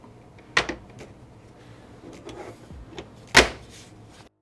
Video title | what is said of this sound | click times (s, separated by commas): MOOKA Air Purifier - BEST CHEAP HEPA Air Purifier? | Slide the cover back on towards the bottom, and then it just snaps right into place. | 0.6 s